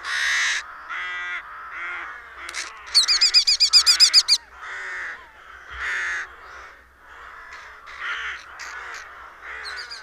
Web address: agykontroll Madardalok Cd 2. Kék vércse